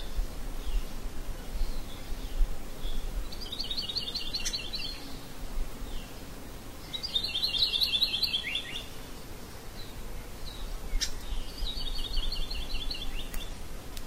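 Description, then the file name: Maui parrotbill singing quick chattering trills of repeated slurred notes, one phrase roughly every four seconds, with steady faint background hiss and low rumble. "Canto do papagaio de maui"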